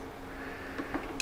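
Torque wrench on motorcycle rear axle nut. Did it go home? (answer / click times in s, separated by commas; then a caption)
yes / 1.2 s. A torque wrench set to about 15 ft-lbs is turned on the rear axle nut of a motorcycle wheel, giving soft ratcheting ticks over a low steady hum. It clicks sharply at 1.2 s, reaching its setting, which is not very much torque.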